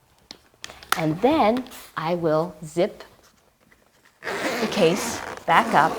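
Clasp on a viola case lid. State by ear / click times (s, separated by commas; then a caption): seated / 0.3 s, 0.6 s. A clasp on a viola case lid is pushed shut after the lid is closed, giving two sharp clicks at 0.3 s and 0.6 s as it locks into place. Someone talks over the rest of the clip.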